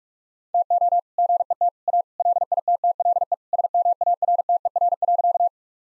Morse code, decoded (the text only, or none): TO GET A LITTLE SMARTER.